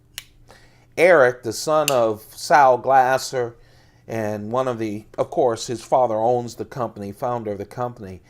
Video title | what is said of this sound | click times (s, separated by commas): Spyderco Ti Delica & Endura with Damascus plus CRK Sebenza 21s with Damascus-EDC Pocket Dump! | That's why you hear it click in. | 0.2 s